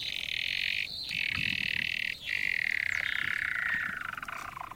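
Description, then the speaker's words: Weddell seal underwater call: a sustained high tone that wavers and slowly slides downward, briefly interrupted twice. Male recorded underwater beneath the frozen sea surface in the Ross Sea, Antarctica, hanging head down in darkness, singing to retain his harem of females. "This is the voice of a Weddell seal, which I recorded below the frozen surface of the Ross Sea in Antarctica."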